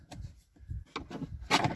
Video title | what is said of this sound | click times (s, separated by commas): Installing Grab Bars in a 2008 Dodge Ram 1500 Truck - Lady Mechanics Episode 6 | Oh, there we go. I heard it clip in place. Yeah, I did too. There we go. Nice little click. | 1.0 s